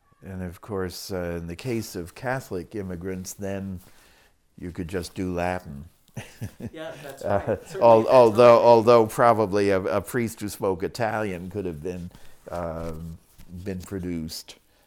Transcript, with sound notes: And -- of course --- in the case of Catholic immigrants, then you could just do Latin. [Laughs]
Yeah, that's right, ----
Although --- although probably a priest who spoke Italian could have been ---- been produced.